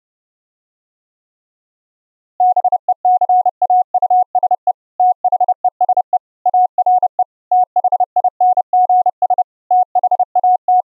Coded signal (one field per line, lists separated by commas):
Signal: Morse code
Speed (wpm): 30 wpm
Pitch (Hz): 730 Hz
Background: none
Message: BECAUSE THESE ARE THINGS THAT